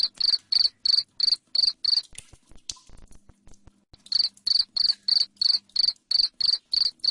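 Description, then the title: Cricket chirping steadily in sharp, high pulses, a two-second break with soft ticks and hum, then the regular chirps return. Loud cricket chirping (ngerik) played to make lovebirds sing (ngekek) continuously. "Suara JANGKRIK NGERIK Keras Bikin LOVEBIRD Jadi NGEKEK Terus"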